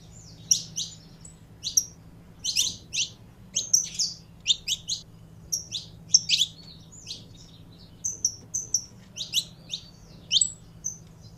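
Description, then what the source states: Canary song: bright, high chirps and short warbled phrases in quick irregular bursts, over a steady low hum. Belgian breed canary, described as pure-bred.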